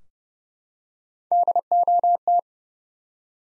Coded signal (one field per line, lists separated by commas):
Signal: Morse code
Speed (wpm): 30 wpm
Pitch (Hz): 700 Hz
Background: none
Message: DOT